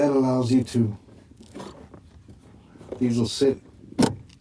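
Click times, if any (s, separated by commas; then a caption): 4.0 s. A parking brake switch has its small ears set into the slots of its mounting bracket and is pushed in while someone talks. A sharp snap at 4.0 s marks the switch locking into place, seated in the bracket.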